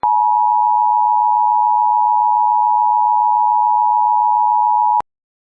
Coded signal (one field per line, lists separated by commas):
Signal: Emergency Alert System (SAME) tones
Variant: 853 and 960 Hz attention tone